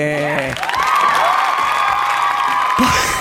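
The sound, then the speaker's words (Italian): A studio audience claps loudly and steadily for about three seconds, with a few cheers and whoops rising above the dense, continuous applause. “Andiamo avanti, cioè, insopportabile, ma perché devono applaudire?”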